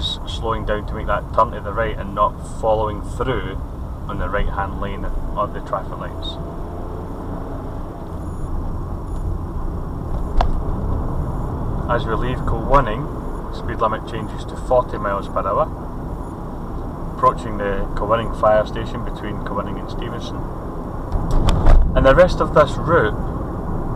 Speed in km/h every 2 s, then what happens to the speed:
21, 23, 29, 34, 34, 37, 40, 40, 42, 44, 45, 45.
0-12 speeds up to 40. 12-24 steady at about 42.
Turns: none.